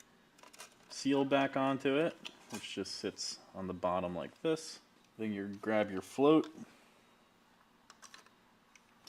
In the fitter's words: It should just snap into place like that.